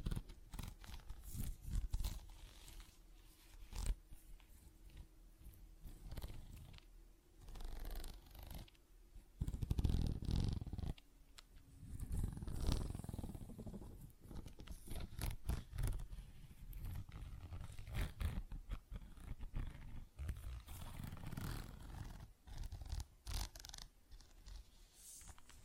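Tapping and scratching sounds come in dense, irregular bursts for the whole stretch, with sharp clicks and rough scraping layered over a low rumble. A heavier, thudding patch rises around ten seconds and again near thirteen, and the busy handling continues unevenly to the end.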